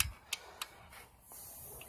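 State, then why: Torque reached. A torque wrench tightens a bolt on a custom H21A4 engine being built for an H2B CR-V and gives a sharp single click at 0.0 s as it reaches its setting, confirming the bolt is torqued. Two fainter short ticks follow at about 0.3 s and 0.6 s, then a low steady hiss fills the rest of the clip.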